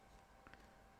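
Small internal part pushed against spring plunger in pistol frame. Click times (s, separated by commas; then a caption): 0.5 s. During reassembly of a Colt Woodsman rimfire pistol, a small internal metal part is set against the spring plunger in the pistol frame and pushed back. It snaps into place with two short sharp clicks at 0.5 s and 0.5 s, over a quiet, steady background, and the part is seated.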